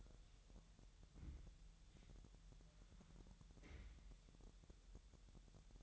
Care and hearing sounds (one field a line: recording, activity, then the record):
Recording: daily activity, microphone in the room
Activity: wipe stove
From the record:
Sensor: 3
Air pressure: 1001.0 hPa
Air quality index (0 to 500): 249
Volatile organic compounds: 178 ppm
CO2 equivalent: 4137 ppm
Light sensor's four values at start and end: 12/29/12/12 and 12/29/12/12